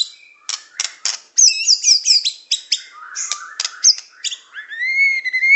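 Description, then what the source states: Bird song: clipped chirps and quick twittering phrases give way to long, smooth, slightly rising whistled notes at the end. Complete masteran recording, songbird song compiled as a tutoring track.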